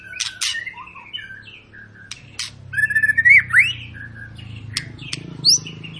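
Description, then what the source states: White-rumped shama song with sharp chips, a quick rising trill and a clear whistled slur, over steady low background noise. Long lure song used to make other birds sing.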